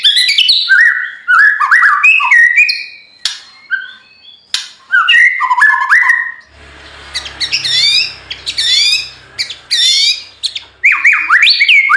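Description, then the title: White-rumped shama song: rich, varied whistled phrases, rising and falling slurs broken by harsh rasping bursts, a busy rolling stream of notes with short pauses. Training (masteran) recording: full rolling (ngerol) song in "nembak" style. "Masteran Murai Batu Full Ngerol Nembak"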